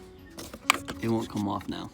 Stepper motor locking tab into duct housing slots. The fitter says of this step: the two little slots locks it in place it